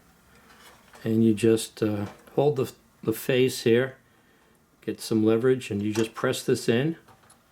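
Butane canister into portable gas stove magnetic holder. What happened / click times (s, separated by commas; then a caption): The canister is being handled but has not clicked into place yet / none. A metal butane canister is pressed by hand into the magnetic holder of an AGNI portable gas stove while the stove's face is held for leverage, so the magnetic ring can grip the canister's lip. Someone talks throughout in short bursts, with quiet handling between phrases. Nothing has seated or clicked yet when the clip ends.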